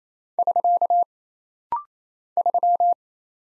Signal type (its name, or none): Morse code